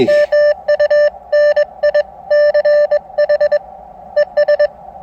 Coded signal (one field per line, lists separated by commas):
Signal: Morse code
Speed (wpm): 21 wpm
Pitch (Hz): 590 Hz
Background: none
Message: MUNICH ES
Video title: New Spiderbeam 10m Mini Mast exceeded my expectations!